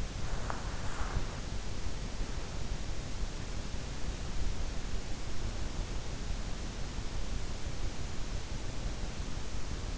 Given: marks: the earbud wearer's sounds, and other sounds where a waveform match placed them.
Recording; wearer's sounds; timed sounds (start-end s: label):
sounds in sleep by an in-ear microphone; snoring breath
0.00-1.82 s: snoring breath